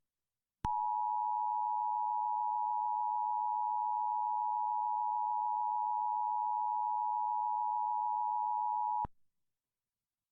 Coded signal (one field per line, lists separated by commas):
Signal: Emergency Alert System (SAME) tones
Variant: 853 and 960 Hz attention tone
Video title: All types of Emergency Alerts on television and Radio from the Emergency Alert System